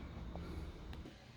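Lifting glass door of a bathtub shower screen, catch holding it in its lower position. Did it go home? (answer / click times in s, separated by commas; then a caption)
no / none. The lifting glass door of a bathtub shower screen is lowered back down toward the catch that holds it in its lower position. Low handling rumble is heard with two brief faint ticks, around 0.4 s and 0.9 s. Nothing has seated or clicked yet.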